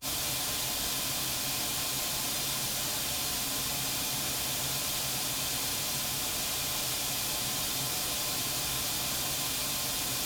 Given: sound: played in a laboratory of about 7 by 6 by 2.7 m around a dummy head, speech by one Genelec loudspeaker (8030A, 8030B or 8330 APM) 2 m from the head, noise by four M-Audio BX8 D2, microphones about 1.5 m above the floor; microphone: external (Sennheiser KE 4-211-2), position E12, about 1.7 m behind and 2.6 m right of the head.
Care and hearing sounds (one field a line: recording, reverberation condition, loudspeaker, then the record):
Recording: white noise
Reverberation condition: low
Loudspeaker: four, about 170 cm from the corners of the room and facing them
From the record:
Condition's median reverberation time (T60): about 310 ms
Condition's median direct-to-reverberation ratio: about 3.5 dB